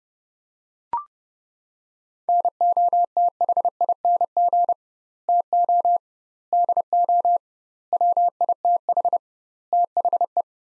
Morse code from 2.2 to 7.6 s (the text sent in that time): NOTHING TO DO